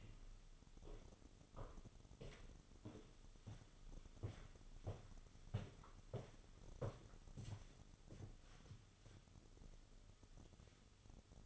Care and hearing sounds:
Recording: daily activity, microphone in the room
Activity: walk to room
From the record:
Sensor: 4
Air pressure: 988.8 hPa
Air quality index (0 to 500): 164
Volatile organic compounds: 18 ppm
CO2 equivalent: 2618 ppm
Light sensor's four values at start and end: 33/109/41/44 and 32/106/40/42

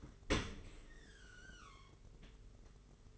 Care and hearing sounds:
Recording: daily activity, microphone in the room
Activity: open dishwasher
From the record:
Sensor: 4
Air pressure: 992.1 hPa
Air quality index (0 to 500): 108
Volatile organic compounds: 17 ppm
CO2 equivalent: 2576 ppm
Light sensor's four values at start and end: 23/78/29/30 and 23/78/29/30

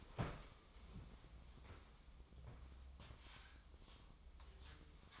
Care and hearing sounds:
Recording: daily activity, microphone in the room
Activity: stand up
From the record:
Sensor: 1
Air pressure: 1005.1 hPa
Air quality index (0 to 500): 122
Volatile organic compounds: 5 ppm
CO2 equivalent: 1712 ppm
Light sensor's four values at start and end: 11/26/10/11 and 10/24/10/10

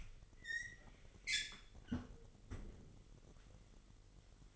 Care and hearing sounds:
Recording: daily activity, microphone in the room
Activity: close fridge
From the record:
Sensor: 4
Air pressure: 1002.9 hPa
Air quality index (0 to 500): 246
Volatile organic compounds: 18 ppm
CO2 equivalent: 2630 ppm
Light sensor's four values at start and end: 4/9/3/4 and 4/10/3/4

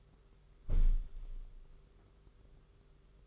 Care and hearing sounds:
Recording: daily activity, microphone in the room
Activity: close window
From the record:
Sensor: 4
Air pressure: 991.2 hPa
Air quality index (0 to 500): 152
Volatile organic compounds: 101 ppm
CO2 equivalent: 3761 ppm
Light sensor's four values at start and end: 6/14/5/6 and 6/13/5/5

